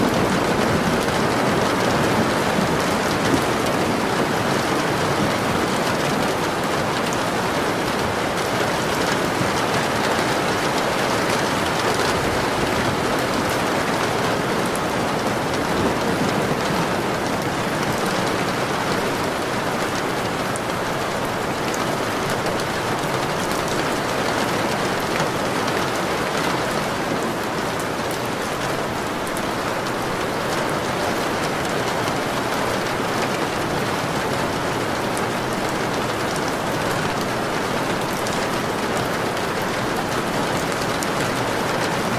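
Heavy storm rain falls steadily for the whole stretch, a dense, even hiss of countless drops striking surfaces. The sound is bright and full, with a soft low rumble underneath, and it neither builds nor fades.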